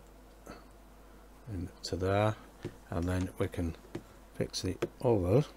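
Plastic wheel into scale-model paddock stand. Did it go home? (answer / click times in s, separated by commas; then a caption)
no / none. Someone talks while handling the second plastic wheel and pushing it into a scale-model paddock stand for a DeAgostini YZR M1 build, with only faint handling noise between the words. Nothing has seated or clicked yet; the wheel is not yet home when the clip ends.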